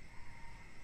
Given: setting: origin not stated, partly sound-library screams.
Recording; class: one-second piece from a danger detection set; normal situation